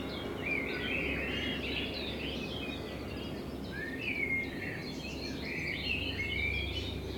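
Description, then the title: Common blackbird singing in warbled phrases with short pauses, over a steady low background rumble. Blackbird in front of the recordist's window; binaural recording made with a self-built dummy head, intended for headphone listening. "Kunstkopfaufnahme der Amsel vor meinem Fenster"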